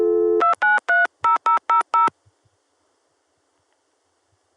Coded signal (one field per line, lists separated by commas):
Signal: DTMF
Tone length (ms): 130 ms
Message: 2930000